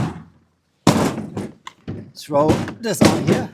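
A modular plastic tool box is handled over a metal mounting plate on a Kendon trailer while someone talks, with a few brief knocks and thumps. Nothing has seated or clicked yet; the box has not locked onto the plate when the clip ends.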